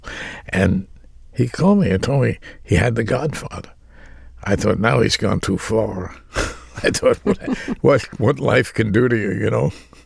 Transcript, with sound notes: And he called me and told me he had "The Godfather." I thought, now he's gone too far (laughter). I thought, what life can do to you, you know?